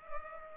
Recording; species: mosquito wingbeat signal from an infrared sensor; Culex pipiens